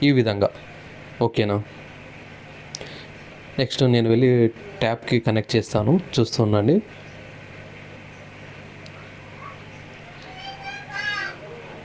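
Someone talks while handling a pressure washer hose quick-connect coupling to fit it onto a water tap. A brief sharp tap is heard around 2.8 s, followed by more talking and quiet background hum. Nothing has seated or clicked onto the tap yet.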